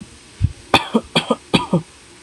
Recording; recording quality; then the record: shallow voluntary cough; moderate, slight background noise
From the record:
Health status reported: healthy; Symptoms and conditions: none ticked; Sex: male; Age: 27 years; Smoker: yes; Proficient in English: yes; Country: India